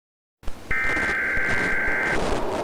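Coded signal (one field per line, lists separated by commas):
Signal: Emergency Alert System (SAME) tones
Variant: header bursts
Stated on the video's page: Fictional EAS scenario about a catastrophic hurricane; may contain valid EAS tones.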